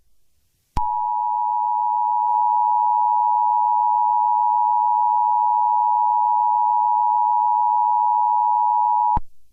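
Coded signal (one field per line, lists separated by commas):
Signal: Emergency Alert System (SAME) tones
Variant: 853 and 960 Hz attention tone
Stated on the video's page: Fictional EAS scenario, not a real alert.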